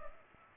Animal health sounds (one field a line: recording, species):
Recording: mosquito wingbeat signal from an infrared sensor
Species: Culex pipiens